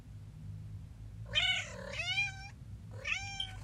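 Cat meowing: a long, drawn-out harmonic meow, followed by a shorter second meow and a sharp click at the end, over a low steady hum.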